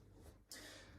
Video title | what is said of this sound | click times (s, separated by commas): How to Fold: Joolz Aer+ VS Nuna TRVL | and FP it up and it all clicks into place | 0.5 s